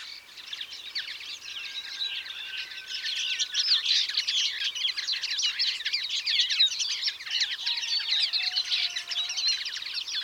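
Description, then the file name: European greenfinch twittering: dense, overlapping chirps and trills with no pause, fuller after the first few seconds, with a thin drawn-out whistle underneath early on and another lower one near the end. "Chloris chloris"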